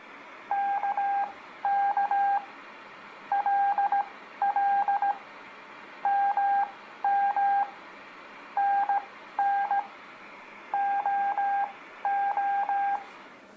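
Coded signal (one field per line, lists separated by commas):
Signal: Morse code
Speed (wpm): 17 wpm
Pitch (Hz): 800 Hz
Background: none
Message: KK LL MM NN OO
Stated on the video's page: Beginner Morse practice of letters K, L, M, N, O, aimed at kids.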